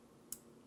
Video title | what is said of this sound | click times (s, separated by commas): Seiko SARX033 Review | metal and when you close it you get a nice click sound very secure feeling oh yeah | 0.3 s